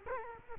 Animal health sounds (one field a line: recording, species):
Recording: mosquito wingbeat signal from an infrared sensor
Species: Culex quinquefasciatus